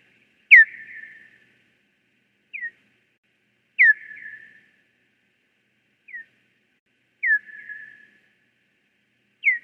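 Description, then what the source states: Hawaiian hoary bat calls: sharp downward-sweeping chirps, some trailing into a short buzzy tail, repeated irregularly against silence. Played back as a creature call; described as Hawaii's only native land mammal.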